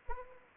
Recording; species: mosquito wingbeat signal from an infrared sensor; Anopheles arabiensis